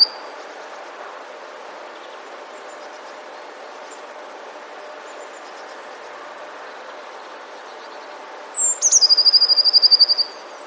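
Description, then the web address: Eurasian blue tit song: after a long quiet stretch, one high thin note slides down into a fast, even trill of about a dozen notes near the end. "modraszkoteka"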